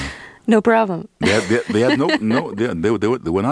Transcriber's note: laughter